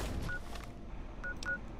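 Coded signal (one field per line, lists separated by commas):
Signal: none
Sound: a game's menu beeps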